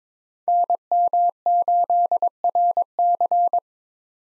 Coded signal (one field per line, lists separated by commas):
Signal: Morse code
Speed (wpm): 26 wpm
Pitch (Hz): 700 Hz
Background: none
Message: NM8RC